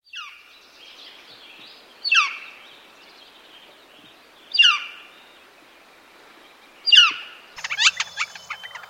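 Northern flicker kyeer calls: loud, sharply down-slurred single notes repeated roughly every two and a half seconds, followed by a brief burst of varied chirping at the end.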